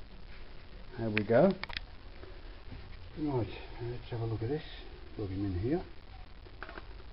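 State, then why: Seated. A bit or attachment is plugged into a new AEG rechargeable screwdriver while someone talks. A sharp small click is heard at 6.6 s as it goes in, and it seats in place.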